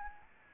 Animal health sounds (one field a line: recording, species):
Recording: mosquito wingbeat signal from an infrared sensor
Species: Anopheles arabiensis